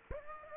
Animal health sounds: mosquito wingbeat signal from an infrared sensor; Aedes aegypti

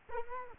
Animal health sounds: mosquito wingbeat signal from an infrared sensor; Culex quinquefasciatus

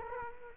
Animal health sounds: mosquito wingbeat signal from an infrared sensor; Culex quinquefasciatus

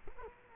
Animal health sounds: mosquito wingbeat signal from an infrared sensor; Culex quinquefasciatus

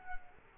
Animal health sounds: mosquito wingbeat signal from an infrared sensor; Culex quinquefasciatus

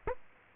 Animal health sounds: mosquito wingbeat signal from an infrared sensor; Aedes aegypti

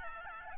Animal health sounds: mosquito wingbeat signal from an infrared sensor; Aedes albopictus

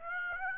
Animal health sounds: mosquito wingbeat signal from an infrared sensor; Aedes aegypti

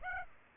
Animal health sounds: mosquito wingbeat signal from an infrared sensor; Aedes aegypti

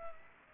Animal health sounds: mosquito wingbeat signal from an infrared sensor; Culex pipiens

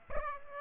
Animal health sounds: mosquito wingbeat signal from an infrared sensor; Aedes aegypti

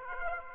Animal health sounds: mosquito wingbeat signal from an infrared sensor; Aedes aegypti

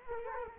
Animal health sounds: mosquito wingbeat signal from an infrared sensor; Culex quinquefasciatus

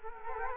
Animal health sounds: mosquito wingbeat signal from an infrared sensor; Culex quinquefasciatus

